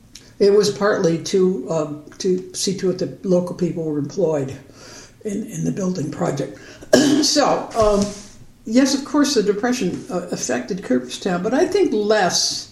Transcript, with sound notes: It was partly to see to it that the local people were employed in the building project. [cough] So, yes of course the depression affected Cooperstown, but I think less